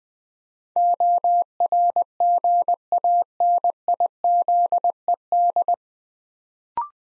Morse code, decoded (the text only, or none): ORGANIZED